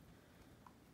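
A replacement earpad's plastic clip is pushed down into the ear cup of a Corsair HS70 headset. One short, faint tick is heard at 0.7 s against a low, steady background. The clip snaps in and that side of the earpad is seated.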